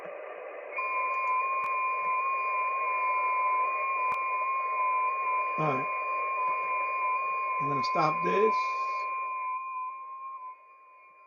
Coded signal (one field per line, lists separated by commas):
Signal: FT8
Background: speech